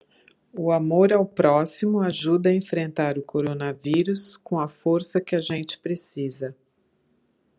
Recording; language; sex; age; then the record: spoken sentence; Brazilian Portuguese; female; 60 to 69 years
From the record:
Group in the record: control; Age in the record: 60 years